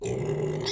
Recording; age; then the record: pig call; weaner (32 to 43 days)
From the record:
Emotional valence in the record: negative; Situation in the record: novel object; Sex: female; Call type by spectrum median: low-frequency call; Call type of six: mixed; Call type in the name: high-frequency modulated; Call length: 0.72 s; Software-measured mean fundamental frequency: 158 Hz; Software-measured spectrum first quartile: 311 Hz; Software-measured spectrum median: 723 Hz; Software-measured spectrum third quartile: 4556 Hz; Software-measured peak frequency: 395 Hz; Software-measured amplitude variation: 143 dB a second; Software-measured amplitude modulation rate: 25.6 a second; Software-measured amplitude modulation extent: 5.6 dB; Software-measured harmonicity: 3.9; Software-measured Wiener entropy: -4.40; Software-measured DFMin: 1007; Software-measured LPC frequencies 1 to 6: 410, 2063, 3516, 4722, 5356, 5846 Hz